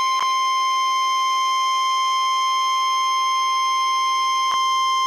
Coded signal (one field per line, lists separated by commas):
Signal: Emergency Alert System (SAME) tones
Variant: 1050 Hz attention tone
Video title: (EAS #583): Areal Flood Warning